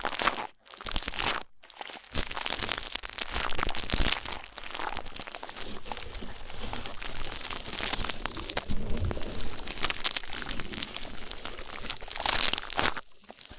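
Rough ear cleaning: dense crackling, rubbing and crinkling scratches fill most of the clip, with frequent sharp crunchy bursts. The noise stops briefly near the start, around half a second and again near one and a half seconds, then runs steadily until a pause at the very end.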